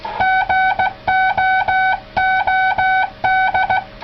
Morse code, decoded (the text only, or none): GOOD